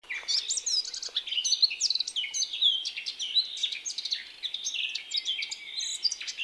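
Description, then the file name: Eurasian blackcap song: continuous lively warbling, a rich mix of twittering chirps and sweet whistled notes throughout. "Sylvia atricapilla"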